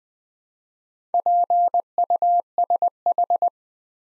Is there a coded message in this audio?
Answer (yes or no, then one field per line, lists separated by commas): yes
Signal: Morse code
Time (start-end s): 1.1-3.5 s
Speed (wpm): 20 wpm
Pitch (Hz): 700 Hz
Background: none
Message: PUSH